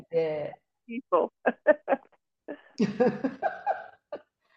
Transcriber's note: laughs